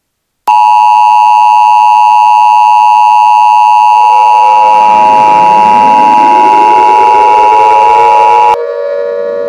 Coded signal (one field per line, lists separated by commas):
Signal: Emergency Alert System (SAME) tones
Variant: 853 and 960 Hz attention tone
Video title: EAS Scenario #13: Invasions Galore, Pt 1: Breaking Point